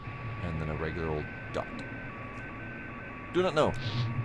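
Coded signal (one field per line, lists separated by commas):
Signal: Morse code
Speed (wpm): 11 wpm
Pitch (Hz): 1550 Hz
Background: speech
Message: QRA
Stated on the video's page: Morse heard in the game Static Dread: The Lighthouse.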